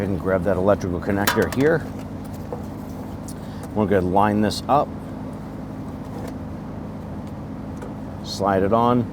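Someone talks while lining up the electrical connector on top of the fuel pump sending unit of a 2008-2013 Infiniti G37x with its plastic socket before sliding it on, over a steady low hum. A brief faint tick comes at about 2.5 s, but the connector has not yet seated or clicked in this clip.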